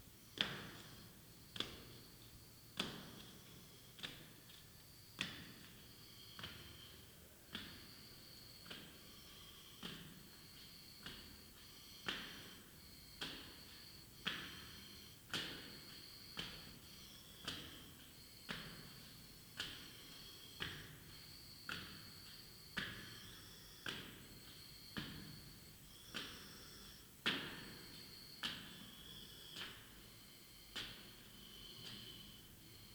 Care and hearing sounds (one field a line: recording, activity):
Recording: daily activity, guitar pickup as the sensor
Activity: go upstairs